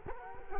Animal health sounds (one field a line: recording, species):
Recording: mosquito wingbeat signal from an infrared sensor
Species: Culex quinquefasciatus